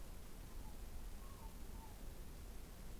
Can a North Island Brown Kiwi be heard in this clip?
no